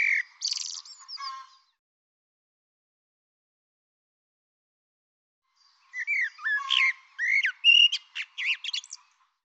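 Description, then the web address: Bird song: a short buzzy, whistled opening, a long pause, then a lively phrase of rising whistles, warbled notes and sharp clicks. "Deverinetal Bird Tu Me Tu Me"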